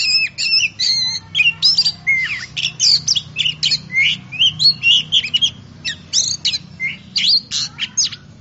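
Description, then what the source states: Oriental magpie-robin song of rapid, varied phrases mixing clear rising and falling whistles with scratchy notes, a faint low hum underneath. Champion bird singing.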